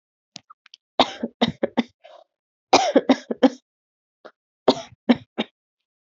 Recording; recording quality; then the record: shallow voluntary cough; excellent, no background noise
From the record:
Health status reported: healthy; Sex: female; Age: 25 years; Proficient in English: yes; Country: India